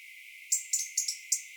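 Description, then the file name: European robin making five crisp, high clicking ticks in quick succession over about a second, with a faint hiss behind. "Erithacus rubecula"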